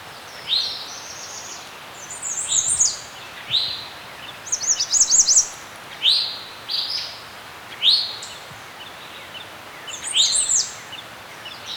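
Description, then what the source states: Birds chirp repeatedly throughout, with sharp rising high notes every second or so mixed with fast tinkling twitters, over a constant soft hiss. Birds chirping in a serene forest.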